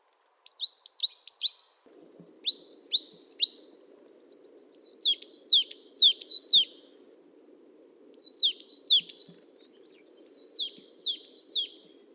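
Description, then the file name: Coal tit: high, thin, bouncing notes in quick bursts, repeated in five groups separated by short pauses. "Periparus ater"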